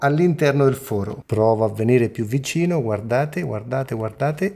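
A visor's small pivot knob is being pushed into the hole in the side mount of a Shoei Neotec 3 modular helmet. Someone talks continuously over the handling, and nothing has seated or clicked yet.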